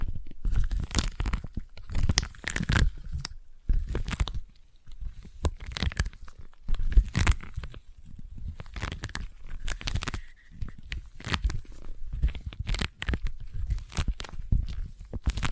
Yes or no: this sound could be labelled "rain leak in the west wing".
no